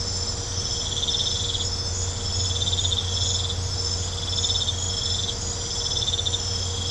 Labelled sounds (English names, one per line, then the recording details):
none
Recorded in pastures near Puerto Asís, Putumayo, Colombia, on 20 December 2024 at 23:00
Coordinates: 0.502, -76.324
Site G077